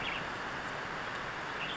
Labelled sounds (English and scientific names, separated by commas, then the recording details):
Western Tanager (Piranga ludoviciana)
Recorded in Sonoma County, California